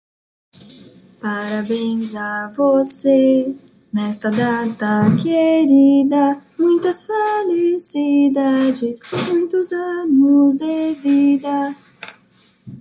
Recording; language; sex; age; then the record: short text; Brazilian Portuguese; female; 20 to 29 years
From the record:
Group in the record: control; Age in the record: 23 years